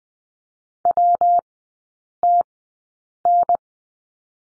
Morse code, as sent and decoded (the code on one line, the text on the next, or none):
.-- - -.
WTN